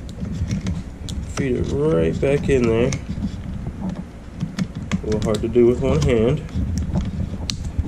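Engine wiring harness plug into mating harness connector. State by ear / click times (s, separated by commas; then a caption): seated / 7.5 s. A wiring harness plug is pushed into its mating connector on the engine harness of a new Mercury 200 HP four-stroke outboard during a Mercury Vessel View install. Someone talks over scattered small clicks and handling noises. The plug snaps in and latches with a sharp, loud click at 7.5 s, and the connector is seated.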